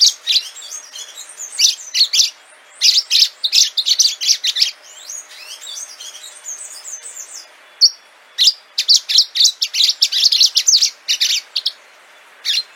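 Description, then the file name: Orange-fronted yellow finch song, bursts of high, rapid chirping notes in clustered phrases with short pauses, one thin whistled note near the middle, quiet background. "canto do canario do amazonas"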